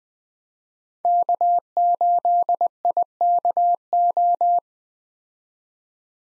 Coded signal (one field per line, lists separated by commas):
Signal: Morse code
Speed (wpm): 21 wpm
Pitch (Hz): 700 Hz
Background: none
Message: K8IKO